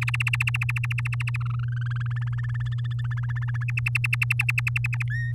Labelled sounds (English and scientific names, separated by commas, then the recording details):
Domestic Canary (Serinus canaria) song
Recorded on 10 May 2018 at 06:11
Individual llb16